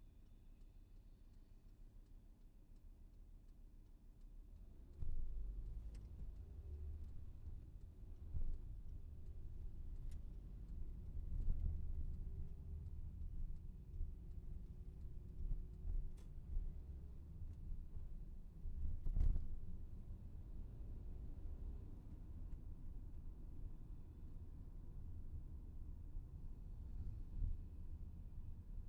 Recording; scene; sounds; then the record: everyday scene through a hearing-aid microphone; in a vehicle; engine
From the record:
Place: VW T5 Caravelle, diesel engine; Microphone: behind the ear, left, front